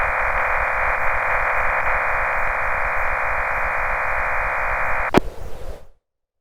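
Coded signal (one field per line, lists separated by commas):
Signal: MT63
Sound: steady wideband rushing hiss for five seconds, ending with a click and brief noise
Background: radio static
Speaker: now let's watch an ARRL radiogram being received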